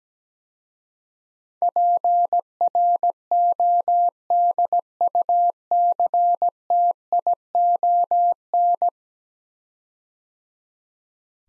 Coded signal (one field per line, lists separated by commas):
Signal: Morse code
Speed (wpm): 17 wpm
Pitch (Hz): 700 Hz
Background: none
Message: PRODUCTION